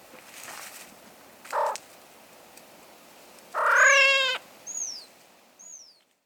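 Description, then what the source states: Ruffed Grouse calls: a faint noisy sound, a short burst, then a long harmonic whine followed by two thin high downslurred notes. A variety of its sounds.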